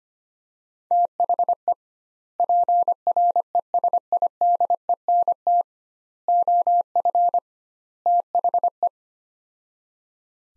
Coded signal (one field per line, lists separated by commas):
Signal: Morse code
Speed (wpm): 25 wpm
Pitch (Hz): 700 Hz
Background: none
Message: THE PRESIDENT OF THE